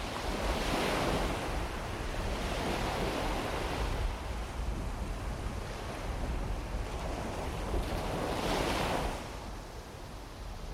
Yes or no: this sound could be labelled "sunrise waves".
yes